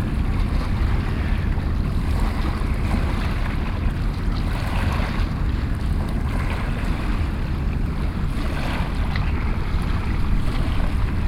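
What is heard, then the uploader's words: A sea front with a steady, dense rumble of wind and water, deep and constant, with soft washing surges drifting through the middle. Bygdoy, Sea front. Oslo.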